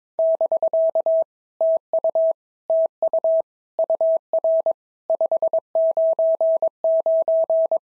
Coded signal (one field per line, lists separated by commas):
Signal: Morse code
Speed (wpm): 19 wpm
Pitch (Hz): 650 Hz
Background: none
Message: <BK> TU TU UR 599